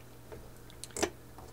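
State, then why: Seated. A part of the stitch-length mechanism on a Brother XL 2600i sewing machine is pushed into its shaft until the groove for its C-clip shows. Small clicks sound as it moves, with sharp clicks at 0.8 s and 1.0 s. The part seats fully home.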